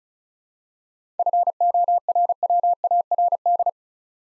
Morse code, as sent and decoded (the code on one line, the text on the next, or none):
..-. --- .-. .-- .- .-. -..
FORWARD